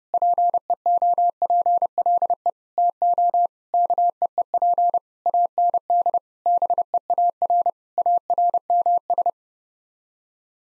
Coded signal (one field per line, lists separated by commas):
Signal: Morse code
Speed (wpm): 32 wpm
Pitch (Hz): 700 Hz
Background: none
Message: PEOPLE TO KEEP AND BEAR ARMS